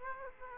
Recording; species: mosquito wingbeat signal from an infrared sensor; Aedes aegypti